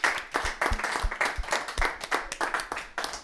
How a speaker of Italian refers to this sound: Penso che, che possiamo fargli un applauso.